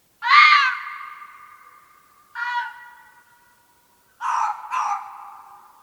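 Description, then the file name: Red fox calling with three hoarse screams, the first loudest, the last broken into a quick double note, each fading gradually into silence. "fuchs"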